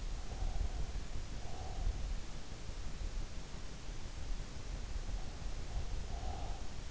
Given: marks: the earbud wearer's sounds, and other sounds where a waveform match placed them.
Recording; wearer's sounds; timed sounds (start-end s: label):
sounds in sleep by an in-ear microphone; breath
0.13-2.16 s: breath
5.33-6.91 s: breath